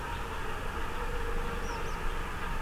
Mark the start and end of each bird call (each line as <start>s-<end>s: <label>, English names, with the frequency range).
1.62s-1.96s: Tree Pipit (4.0-6.5 kHz)